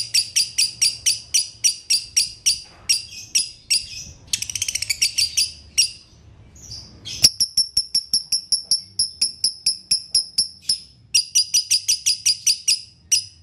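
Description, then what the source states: Lovebird chattering: quick sharp chirps, a short rattling burst, a pause, then long runs of ringing high notes at a steady fast pace. Lovebird masteran (training) track in the konslet singing style.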